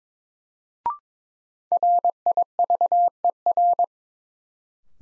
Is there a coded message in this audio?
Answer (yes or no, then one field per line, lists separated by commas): yes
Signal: Morse code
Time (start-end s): 1.7-3.8 s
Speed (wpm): 22 wpm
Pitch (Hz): 700 Hz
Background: none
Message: RIVER